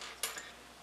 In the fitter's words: that and push that wire prong down and then you can pop this thing out the